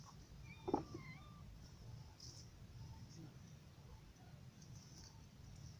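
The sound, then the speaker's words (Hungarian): A cat outdoors gives one short, high meow near the start, then only a steady low rumble remains, with a few faint chirps above it. “Az is van, mindig egy macska kint van veled.”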